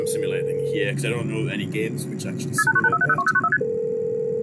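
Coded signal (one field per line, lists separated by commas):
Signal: multi-frequency trunk signalling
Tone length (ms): 60 ms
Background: speech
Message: KP29009ST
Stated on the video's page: Modem handshake and trunk signalling tones heard in a self-made 1980s-era hacking game, demoed in an impromptu stream.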